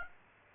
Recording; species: mosquito wingbeat signal from an infrared sensor; Aedes aegypti